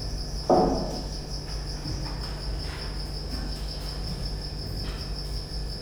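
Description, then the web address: Cricket giving a continuous high, even trill throughout, with a sharp knock near the start and a constant low mechanical hum beneath. Recorded at Győr zoo in 2014 with professional equipment; an insect near the left microphone, electrical equipment; still-life scene. "allathangok gyorizoo 2014 professzionalis gallerospavian balmikrofonnalegyrovar elektromosberendezes tucsok csendelet"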